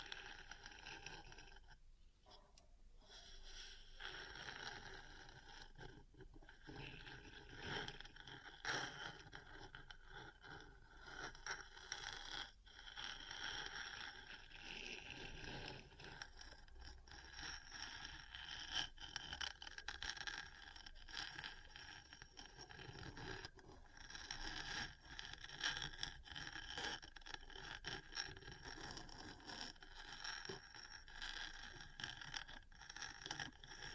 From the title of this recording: Metal Parts Tapping & Scratching